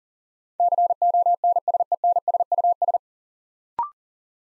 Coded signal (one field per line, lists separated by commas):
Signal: Morse code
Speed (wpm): 38 wpm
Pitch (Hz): 700 Hz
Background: none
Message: CONSENSUS